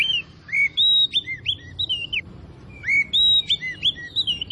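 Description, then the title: Oriental magpie-robin song: clear whistled notes, some rising and some falling, in two bursts separated by a short pause, over a faint low hum. Tretes; singing gacor (vigorously and continuously). "Kacer Tretes"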